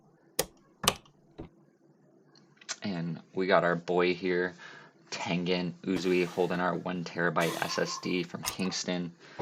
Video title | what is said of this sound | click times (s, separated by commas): Budget gaming PC for $550 in the Lian Li A3 CASE | get those nice Clicks in there oh yeah and | 0.4 s, 0.9 s